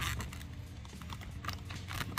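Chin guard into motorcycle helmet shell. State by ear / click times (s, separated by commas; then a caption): not seated / none. The chin guard of a modular motorcycle helmet is handled as it is brought back toward the helmet shell, making soft scrapes and small ticks over a steady low hum. Nothing has snapped into place yet.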